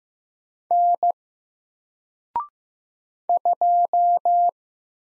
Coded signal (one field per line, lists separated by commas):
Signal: Morse code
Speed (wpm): 15 wpm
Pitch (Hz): 700 Hz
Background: none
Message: N 2